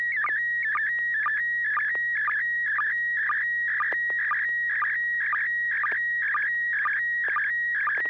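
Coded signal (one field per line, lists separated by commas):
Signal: SSTV (slow-scan television)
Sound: warbling, chirping tone with a steady whistle between bursts, repeating roughly twice a second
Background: low hum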